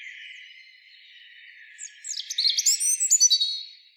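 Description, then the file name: European robin delivering one fast, tumbling phrase of high, sliding notes and rapid stuttered trills, starting after a near-silent pause with steady background hiss. "Erithacus rubecula"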